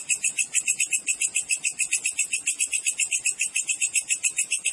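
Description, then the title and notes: Cricket trill, fast regular shrill pulses with a throbbing rhythm and no pauses. Clean natural cricket recording with tightly spaced chirps, used as a master track for training songbirds and for repelling rats. "Masteran Jangkrik Alam Jernih, Jeda Rapat Cocok Untuk Masteran Burung Dan Mengusir Tikus. suara jangkrik"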